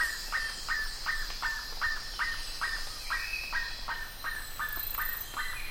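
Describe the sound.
Bird uttering a run of short, downward-slurred calls, close to three per second, over a steady high-pitched hiss.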